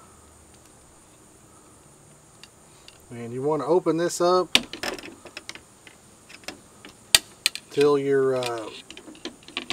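Someone talks while handling the folding aluminum base of a lightweight Edeuoey fishing/camping table, opening it out with light metallic clatter and taps. A sharp knock sounds at 7.1 s. Nothing has seated or clicked yet, and the metal braces have not popped into their locked position by the end.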